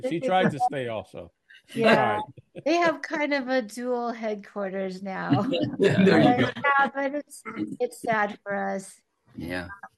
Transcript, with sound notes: She tried to stay also. She tried.
Yeah, they have kind of a dual headquarters now.
(laughs)
There you go.
But it's, it's sad for us.
Yeah.